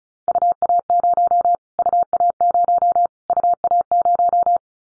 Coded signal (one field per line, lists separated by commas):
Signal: Morse code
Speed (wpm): 34 wpm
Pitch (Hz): 700 Hz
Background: none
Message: UA0 UA0 UA0